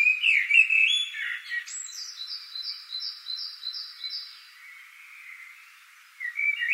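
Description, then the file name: Common blackbird giving a short warbled phrase at the start and another at the end; an even series of high, clear notes runs through the middle. "Turdus merula"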